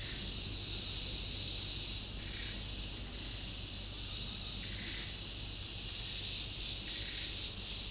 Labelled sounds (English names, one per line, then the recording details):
none
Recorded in dense forest near Puerto Asís, Putumayo, Colombia, on 19 February 2024 at 10:30
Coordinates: 0.502, -76.324
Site G6370